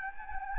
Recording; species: mosquito wingbeat signal from an infrared sensor; Anopheles gambiae